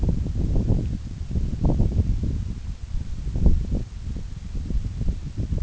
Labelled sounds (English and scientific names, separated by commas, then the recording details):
none
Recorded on Arctic tundra, site NAIT-1, on 26 June 2019
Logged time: 16:00